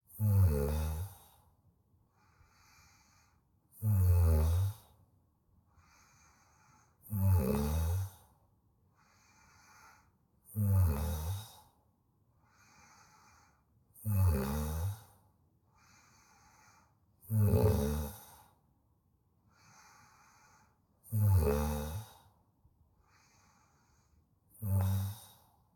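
Eight loud, low, rattling human snores recur about every three seconds, roughly 17 breaths a minute, each followed by a softer airy exhale. This is steady, rhythmic snoring, a sound effect.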